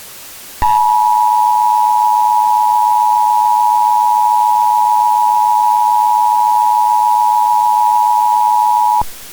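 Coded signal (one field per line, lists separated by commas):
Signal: Emergency Alert System (SAME) tones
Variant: 853 and 960 Hz attention tone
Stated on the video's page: Fictional EAS mock set in an alternate timeline, with a VHS effect applied.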